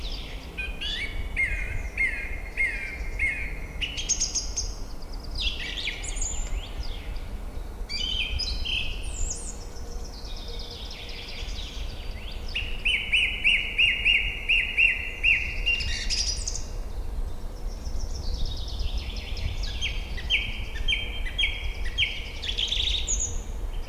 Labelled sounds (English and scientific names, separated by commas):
Song Thrush (Turdus philomelos) song